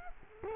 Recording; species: mosquito wingbeat signal from an infrared sensor; Culex quinquefasciatus